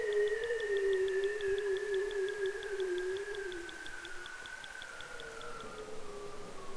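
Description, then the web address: Bearded seal calling in long, wavering tones, one low and one high, both sliding slowly downward, with a quick series of faint ticks and background hiss. "Biodiversity of Marine Sound Bearded seal"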